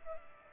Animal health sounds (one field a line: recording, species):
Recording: mosquito wingbeat signal from an infrared sensor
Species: Culex pipiens